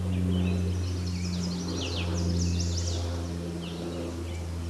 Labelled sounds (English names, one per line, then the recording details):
Chestnut-sided Warbler song
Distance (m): 35 m
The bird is about 15 m above the microphone
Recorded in a Pennsylvania forest on 16 May 2024 at 09:24
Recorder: AudioMoth, point MSD-1368
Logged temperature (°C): 12.5 °C
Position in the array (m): 16 m, 25 m